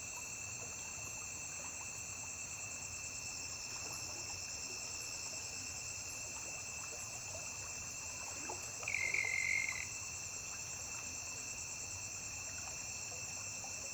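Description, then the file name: Cricket chirping in a constant, dense high-pitched trill that never pauses, with several steady layered tones and one brief louder tonal note partway through. Constant chirping on a riverbank. "Grilo constante na beira de rio"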